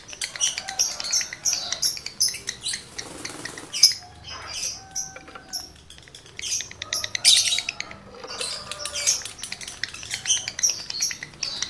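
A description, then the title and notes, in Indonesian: A male lovebird chatters almost without pause, a busy stream of high, scratchy chirps, clicks and squeaky whistles. The calls come in rapid bursts with short gaps, a few clear whistled notes sitting lower, and a louder sharp squawk near the four-second mark. Birahi Lovebird Jantan ke Gacor. Suara Lovebird jantan birahi.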